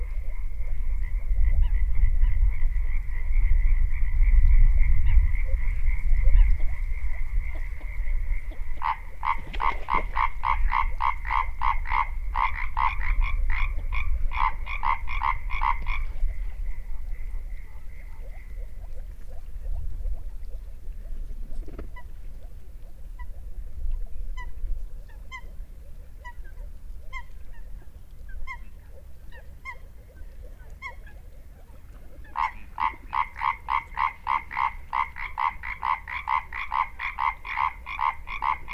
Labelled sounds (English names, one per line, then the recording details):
Common Tree Frog call
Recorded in the wild
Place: Kützerhof, Kummerower See, Mecklenburg-Vorpommern, DE
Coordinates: 53.8561, 12.8611
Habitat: wetland
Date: 2010-04-13 22:40
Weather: klare Nacht, 8°C, windstill, Wassertemperatur 10°C
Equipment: Sound Devices 702, zwei Sennheiser MKH 40, Rycote Windschutz
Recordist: Frommolt, Karl-Heinz